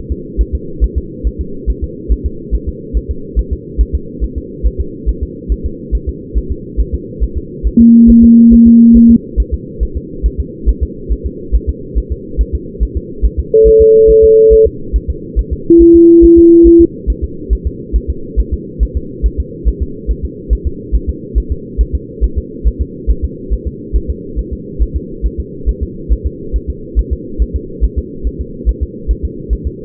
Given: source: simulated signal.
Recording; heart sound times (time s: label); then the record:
fetal heart sounds
0.12 s: S2
0.41 s: S1
0.55 s: S2
0.84 s: S1
0.98 s: S2
1.27 s: S1
1.41 s: S2
1.70 s: S1
1.84 s: S2
2.12 s: S1
2.26 s: S2
2.55 s: S1
2.69 s: S2
2.97 s: S1
3.11 s: S2
3.39 s: S1
3.53 s: S2
3.81 s: S1
3.95 s: S2
4.24 s: S1
4.38 s: S2
4.66 s: S1
4.80 s: S2
5.09 s: S1
5.23 s: S2
5.52 s: S1
5.66 s: S2
5.95 s: S1
6.09 s: S2
6.38 s: S1
6.52 s: S2
6.80 s: S1
6.94 s: S2
7.23 s: S1
7.38 s: S2
7.67 s: S1
7.81 s: S2
8.10 s: S1
8.24 s: S2
8.53 s: S1
8.67 s: S2
8.97 s: S1
9.11 s: S2
9.40 s: S1
9.54 s: S2
9.83 s: S1
9.97 s: S2
10.26 s: S1
10.40 s: S2
10.69 s: S1
10.83 s: S2
11.12 s: S1
11.26 s: S2
11.55 s: S1
11.69 s: S2
11.98 s: S1
12.12 s: S2
12.41 s: S1
12.55 s: S2
12.83 s: S1
12.97 s: S2
13.25 s: S1
13.39 s: S2
13.68 s: S1
13.82 s: S2
14.10 s: S1
14.24 s: S2
14.53 s: S1
14.67 s: S2
14.96 s: S1
15.10 s: S2
15.39 s: S1
15.53 s: S2
15.82 s: S1
15.96 s: S2
16.25 s: S1
16.39 s: S2
16.67 s: S1
16.81 s: S2
17.10 s: S1
17.24 s: S2
17.53 s: S1
17.67 s: S2
17.96 s: S1
18.10 s: S2
18.39 s: S1
18.54 s: S2
18.83 s: S1
18.97 s: S2
19.26 s: S1
19.40 s: S2
19.68 s: S1
19.82 s: S2
20.11 s: S1
20.25 s: S2
20.53 s: S1
20.67 s: S2
20.95 s: S1
21.09 s: S2
21.38 s: S1
21.52 s: S2
21.81 s: S1
21.95 s: S2
22.24 s: S1
22.38 s: S2
22.67 s: S1
22.81 s: S2
23.10 s: S1
23.25 s: S2
23.53 s: S1
23.67 s: S2
23.96 s: S1
24.10 s: S2
24.39 s: S1
24.53 s: S2
24.82 s: S1
24.96 s: S2
25.26 s: S1
25.40 s: S2
25.69 s: S1
25.83 s: S2
26.12 s: S1
26.26 s: S2
26.56 s: S1
26.70 s: S2
26.99 s: S1
27.13 s: S2
27.42 s: S1
27.56 s: S2
27.84 s: S1
27.98 s: S2
28.27 s: S1
28.41 s: S2
28.69 s: S1
28.83 s: S2
29.11 s: S1
29.25 s: S2
29.53 s: S1
29.67 s: S2
From the record:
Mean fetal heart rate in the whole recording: 140 bpm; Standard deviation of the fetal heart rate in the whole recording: 2 bpm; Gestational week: 34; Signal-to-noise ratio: -4.3 dB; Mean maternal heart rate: 72 bpm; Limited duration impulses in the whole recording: present